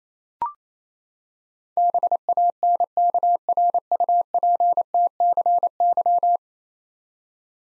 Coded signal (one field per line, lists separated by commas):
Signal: Morse code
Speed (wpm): 28 wpm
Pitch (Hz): 700 Hz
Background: none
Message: BANKRUPTCY